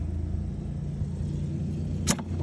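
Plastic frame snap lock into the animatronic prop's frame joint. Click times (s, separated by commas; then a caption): 2.2 s. A plastic frame snap lock is pushed into the frame joint of a Spirit Halloween 2021 Headless Jack animatronic prop over a steady low rumble. After some effort, a sharp click is heard at 2.2 s as the snap lock seats home.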